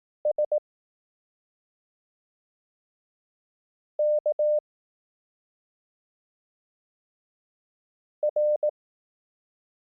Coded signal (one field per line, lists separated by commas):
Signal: Morse code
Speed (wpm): 18 wpm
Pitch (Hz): 600 Hz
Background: none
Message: S K R